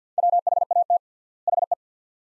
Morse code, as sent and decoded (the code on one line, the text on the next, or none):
.-- .... .- - / .... .
WHAT HE